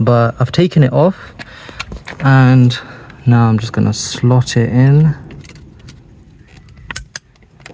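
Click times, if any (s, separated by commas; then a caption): 6.9 s, 7.2 s. Someone talks, then one-handed slots a plastic ambient-lighting ring into a dashboard air vent of a Mercedes-Benz B, GLB or GLA Class (H247, X247, W247) during an ambient lighting vent install. After faint rustling, sharp clicks at 6.9 s and 7.2 s mark the ring seating into the vent's clips.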